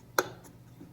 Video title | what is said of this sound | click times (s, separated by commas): How to replace remove TIPM on a Grand Caravan? | You' hear it click and it should just | 0.2 s